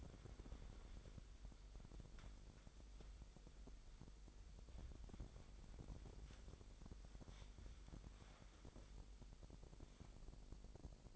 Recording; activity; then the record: daily activity, microphone in the room; wipe stove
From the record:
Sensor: 5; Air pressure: 1000.9 hPa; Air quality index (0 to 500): 247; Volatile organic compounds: 34 ppm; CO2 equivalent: 3049 ppm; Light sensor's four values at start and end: 28/63/26/24 and 31/71/28/27